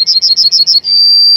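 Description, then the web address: Yellowhammer song: a quick run of about five repeated high chipping notes, then one long, thin, sustained final note. "Przyroda Ptaki Trznadal"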